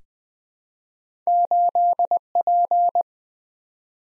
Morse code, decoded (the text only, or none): 8P